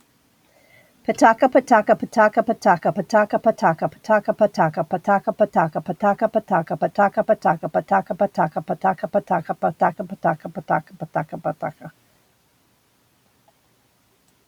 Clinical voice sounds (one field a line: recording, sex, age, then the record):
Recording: repeated syllables /pa ta ka/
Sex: female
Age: 70 to 79 years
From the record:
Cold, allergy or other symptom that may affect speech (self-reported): no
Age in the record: 72 years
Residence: Illinois, United States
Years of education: 17